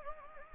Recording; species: mosquito wingbeat signal from an infrared sensor; Anopheles gambiae